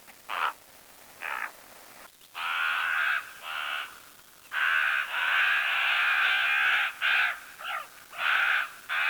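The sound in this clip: Bird giving harsh, hoarse caws, at first single and spaced, then long drawn-out runs with short breaks.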